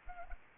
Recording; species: mosquito wingbeat signal from an infrared sensor; Anopheles arabiensis